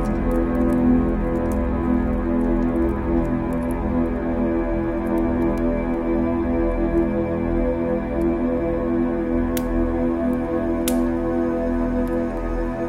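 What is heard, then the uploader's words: A fire burns with a steady, even roar, low and dense with a faint humming quality throughout. Small soft ticks flicker now and then, and two sharp, bright crackles snap out at around ten and eleven seconds. Relaxing Fireplace Sounds - Burning Fireplace & Crackling Fire Sounds. The soothing sounds of a burning fire and the gentle crackling of flames.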